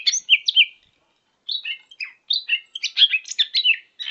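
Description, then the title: Leafbird song in short bursts of sweet whistled and slurred notes, a gap after the first phrase, then a quicker jumble of high chirps. "CUCAK IJO"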